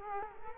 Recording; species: mosquito wingbeat signal from an infrared sensor; Culex quinquefasciatus